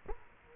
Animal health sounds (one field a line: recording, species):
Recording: mosquito wingbeat signal from an infrared sensor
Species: Culex quinquefasciatus